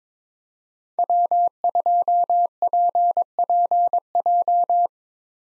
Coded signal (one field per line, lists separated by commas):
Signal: Morse code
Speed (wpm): 22 wpm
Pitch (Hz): 700 Hz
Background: none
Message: W2PPJ